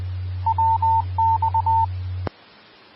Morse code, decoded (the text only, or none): WX